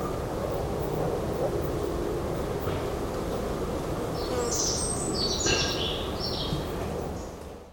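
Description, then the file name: European robin giving a brief burst of high, jumbled twittering phrases in the second half, with a steady low rumble underneath. "Erithacus rubecula"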